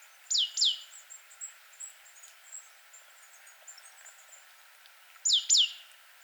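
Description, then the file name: Great tit calls: a pair of quick downswept high notes at the start and another pair near the end, with faint scattered high chirps between. "Parus major"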